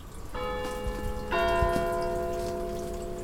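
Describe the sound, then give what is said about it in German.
A church bell in Ticino rings out in two strokes, each a rich stack of sustained metallic tones that linger and overlap, over a soft background hiss with faint patters. “Die ersten 4 Jahre lang hast du den Klang einer Tessiner Kirchenglocke gehört.”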